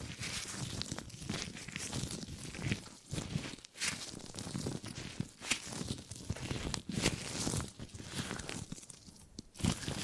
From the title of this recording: Tingly Gripping and Grabbing Sounds